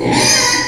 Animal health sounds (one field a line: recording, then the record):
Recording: squeal of a Yucatan mini pig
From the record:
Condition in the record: before surgery on the right vocal fold (resection and tissue-engineered implant)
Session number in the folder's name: 2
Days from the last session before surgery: 0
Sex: male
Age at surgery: 12 weeks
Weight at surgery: 13 kg